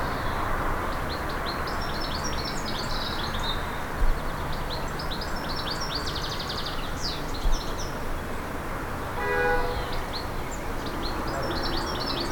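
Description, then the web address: Small birds chirping and twittering in high, rapid bursts over steady low background noise, with one brief tonal harmonic call near the ninth second. Garden birds in a countryside ambience. "Countryside Amb Air Oiseaux Jardin"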